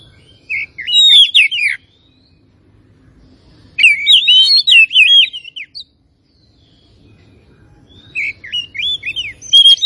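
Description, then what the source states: Oriental magpie-robin singing three bursts of rich, complex whistled and chattering notes, each about one to two seconds, separated by quiet gaps. Kacer from Tretes; described as gacor, singing continuously.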